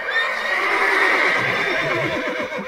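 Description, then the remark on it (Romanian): A plough horse neighs in a long, shrill, wavering whinny with high tonal cries over a rough, breathy rasp, loud and sustained for nearly three seconds with no talking. “Claus cel Mic se bucura și se gândea ce bine că are cinci cai la plug!”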